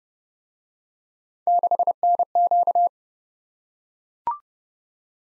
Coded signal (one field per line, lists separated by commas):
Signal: Morse code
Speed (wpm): 29 wpm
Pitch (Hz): 700 Hz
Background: none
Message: 6NQ